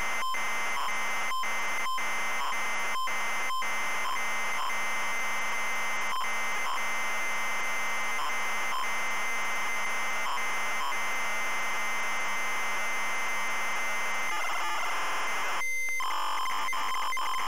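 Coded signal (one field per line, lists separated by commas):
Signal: ZX Spectrum tape loading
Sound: harsh buzzing data screech with clicks, a brief steady tone, then rapid warbling data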